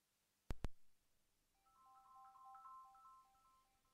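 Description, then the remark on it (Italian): Two sharp clicks, then a phone ringtone for an incoming call plays a looping melody of bright mid-pitched electronic tones, steady and moderately loud, with no talking. “Ragazzi, chiedo scusa, ho ricevuto la telefonata sul telefono.”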